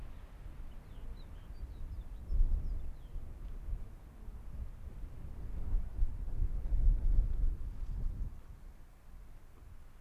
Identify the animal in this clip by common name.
Arctic Fox